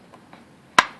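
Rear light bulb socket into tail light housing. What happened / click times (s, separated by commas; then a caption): The plastic socket clicked into its housing / 0.8 s. On a 2000 Toyota 4Runner (3rd gen), the plastic rear tail light bulb socket is pushed and turned back into the tail light housing until it locks. After two faint ticks, a single sharp, loud click rings out at 0.8 s and fades quickly. The socket is seated.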